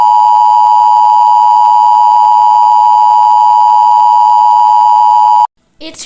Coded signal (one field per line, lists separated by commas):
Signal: Emergency Alert System (SAME) tones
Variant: 853 and 960 Hz attention tone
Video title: eas alarm ep 1